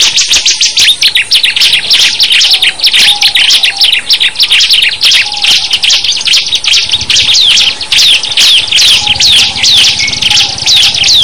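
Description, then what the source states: Bar-winged Prinia singing: rapid, high, thin chirped strokes in a dense, continuous run. Simulated ciblek singing contest (lomba), from omkicau.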